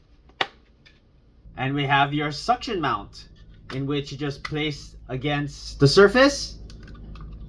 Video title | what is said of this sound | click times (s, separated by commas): How to install Jataza Portable Wireless CarPlay & Android Auto Media Player | push up to lock into place | 0.4 s